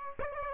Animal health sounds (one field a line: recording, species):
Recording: mosquito wingbeat signal from an infrared sensor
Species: Aedes aegypti